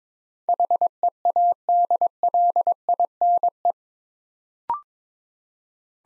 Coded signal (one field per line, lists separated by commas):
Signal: Morse code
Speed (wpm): 22 wpm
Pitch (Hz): 700 Hz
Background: none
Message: HEADLINE